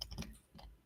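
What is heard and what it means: A through-hole electronic component with snap-in legs is pushed into its holes on a printed circuit board badge. It gives a sharp click at 0.0 s, followed by a few softer clicks. The component is seated and stays put so it can be soldered from the top.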